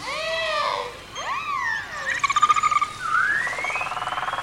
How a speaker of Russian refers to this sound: потому что это не рыбы вовсе, а млекопитающие. Как и киты, помнишь, я тебе рассказывал? Это дельфины.